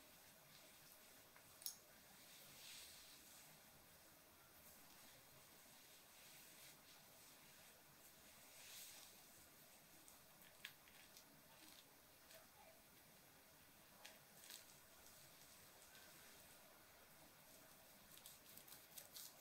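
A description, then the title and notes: Soft scratching and rustling, like fabric being rubbed and hair brushed, runs steadily throughout with a faint hiss. Brighter swishes swell near three and nine seconds, and small sharp ticks, perhaps jewelry, land around two, eleven and fifteen seconds. ASMR Jewelry tracing, hair sounds & fabric scratches.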